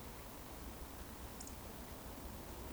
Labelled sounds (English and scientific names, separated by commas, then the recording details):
Eurasian Woodcock (Scolopax rusticola) whistle
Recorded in Baden-Württemberg, Germany, on 24 June 2020 at 19:23 UTC
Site 14569, 102 m above sea level